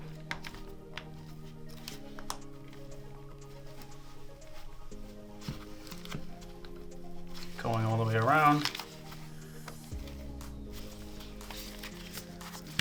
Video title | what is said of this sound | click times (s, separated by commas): How to Replace Bose QuietComfort QC35 I II Metal Swivel Hinge Right - Repair Tutorial | just by simply clicking into place going | 0.3 s, 1.0 s, 1.9 s, 2.3 s, 6.1 s